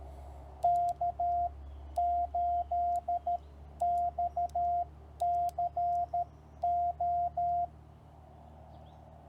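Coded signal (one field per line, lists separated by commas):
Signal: Morse code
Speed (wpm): 13 wpm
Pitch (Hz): 700 Hz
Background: radio noise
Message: K8XCO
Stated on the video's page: Call sign copy practice sent on a TR45L Skinny radio with a Bamatech TP III key, MC-750 vertical whip antenna with four radials, battery powered, in the field.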